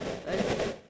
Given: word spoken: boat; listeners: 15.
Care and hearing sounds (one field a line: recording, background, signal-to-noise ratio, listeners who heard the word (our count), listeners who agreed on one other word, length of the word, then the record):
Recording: one English word in noise, from a listening test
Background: noise modulated by three-talker babble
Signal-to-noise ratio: -7.3 dB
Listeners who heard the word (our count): 0 of 15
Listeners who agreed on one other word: 6 of 15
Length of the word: 0.50 s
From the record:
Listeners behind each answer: 6, 3, 1, 1, 1, 1, 1, 1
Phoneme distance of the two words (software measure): 31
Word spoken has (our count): 1 syllable, 3 phonemes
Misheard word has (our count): 2 syllables, 4 phonemes, stress on syllable 1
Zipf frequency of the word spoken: 4.89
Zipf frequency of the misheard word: 5.41